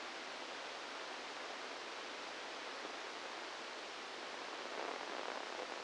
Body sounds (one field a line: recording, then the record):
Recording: brain microelectrode recording played as sound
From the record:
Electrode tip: outside the subthalamic nucleus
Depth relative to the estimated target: -4 mm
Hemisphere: left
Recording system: NeuroSet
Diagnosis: Parkinson's disease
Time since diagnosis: 10 years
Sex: male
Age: 63 years